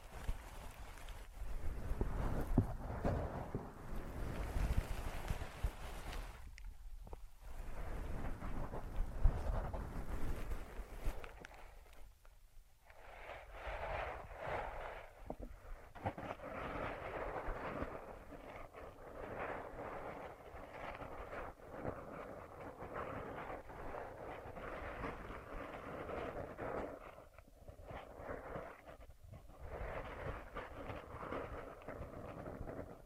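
Ear massage and cleaning sounds: dense, rough rubbing and rustling that carries on steadily, heavier in the first ten seconds, with brief pauses around seconds 7, 12 and 28.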